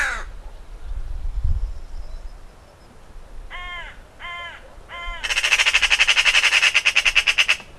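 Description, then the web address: Eurasian Magpie chatter: a long, rasping rattle of rapid notes in the second half, after three separate short, falling nasal calls. "Ocells Cultura Urraca común"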